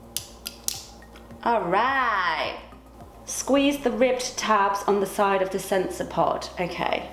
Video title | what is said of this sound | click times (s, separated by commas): Inserting my first Dexcom G5 CGM Sensor | back towards your thumb until you hear two clicks or you cannot pull back anymore | 0.2 s, 0.7 s